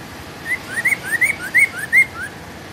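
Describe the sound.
Bird giving a quick string of bright upward-sweeping whistles, several notes in under two seconds, with faint high chirps above.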